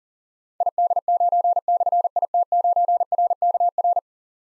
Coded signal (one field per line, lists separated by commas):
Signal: Morse code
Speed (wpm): 40 wpm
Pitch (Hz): 700 Hz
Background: none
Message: ID9/IT9RKR